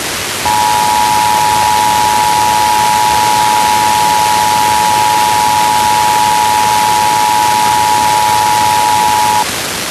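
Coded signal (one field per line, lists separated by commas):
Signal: Emergency Alert System (SAME) tones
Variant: 853 and 960 Hz attention tone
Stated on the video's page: Weekly IPAWS test relayed on an FM radio station at 105.9.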